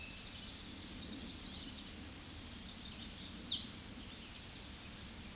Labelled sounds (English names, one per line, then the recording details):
Chestnut-sided Warbler song
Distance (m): 10 m
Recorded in a Pennsylvania forest on 16 May 2024 at 06:50
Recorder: AudioMoth, point MSD-1342
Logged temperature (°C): 15.5 °C
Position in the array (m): 225 m, 186 m